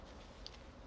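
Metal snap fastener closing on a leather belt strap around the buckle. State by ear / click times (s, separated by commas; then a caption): seated / 0.5 s. A metal snap fastener on a leather belt strap is pressed closed around the buckle end. A short, sharp snap is heard at 0.5 s over a quiet background, and the fastener seats and holds.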